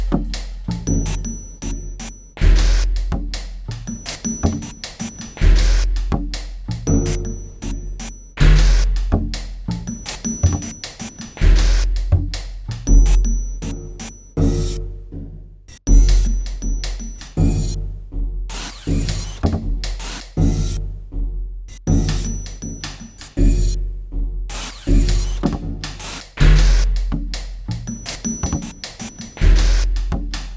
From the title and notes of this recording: Made using sounds recorded over a week in a hotel in Bangkok, room 3124.